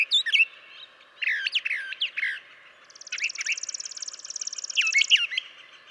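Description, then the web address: Brown Thrasher song: quick varied phrases of sliding whistled notes and chips, then a long rapid buzzy trill, with more phrases after it. "birdsongforthecurious Brown Thrasher"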